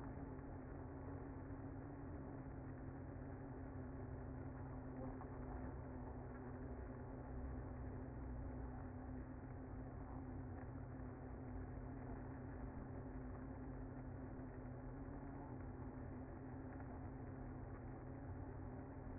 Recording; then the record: honeybee colony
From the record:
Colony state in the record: active